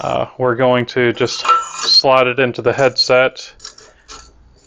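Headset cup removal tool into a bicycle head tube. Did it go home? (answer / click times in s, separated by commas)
yes / 3.6 s, 3.8 s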